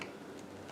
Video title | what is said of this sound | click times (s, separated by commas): Framework 13 - Unboxing and setup | That was not a very satisfying click. | 0.0 s